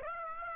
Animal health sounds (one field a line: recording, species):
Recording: mosquito wingbeat signal from an infrared sensor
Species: Aedes aegypti